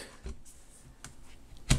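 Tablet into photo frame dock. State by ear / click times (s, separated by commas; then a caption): seated / 1.7 s. A first-generation iPad is set down onto the miFrame photo-frame dock and seats onto its dock connector. A few light taps and knocks come first, then a sharp, loud click at 1.7 s as the iPad snaps into place.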